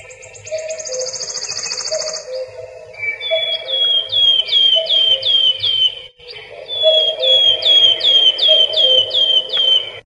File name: penochka treschotka